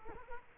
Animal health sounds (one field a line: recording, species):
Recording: mosquito wingbeat signal from an infrared sensor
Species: Culex quinquefasciatus